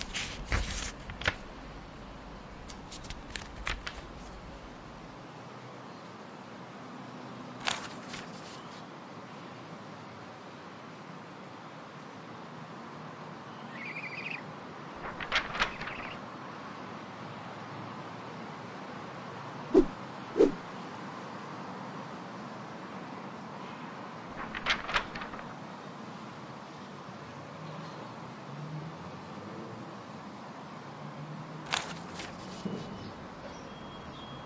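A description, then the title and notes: A flying broom and an open book: a steady, low rumbling hum runs throughout, with brief bright swishes and rustles every few seconds, near the start, around 8, 15, 20, 25 and 32 seconds. A couple of sharp clicks stand out near 20 seconds. Flying broom, open book.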